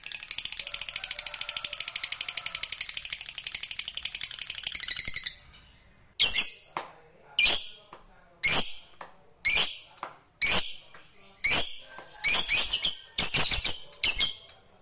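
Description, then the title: Lovebird calls: a long, dense buzzy chatter of rapid high notes for five seconds, then loud, harsh chirps repeated about once a second. Lovebird sound played to stimulate lovebirds. "Suara Lovebird"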